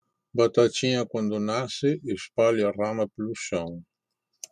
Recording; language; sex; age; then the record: short text; Brazilian Portuguese; male; 70 to 79 years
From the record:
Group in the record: control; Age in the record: 74 years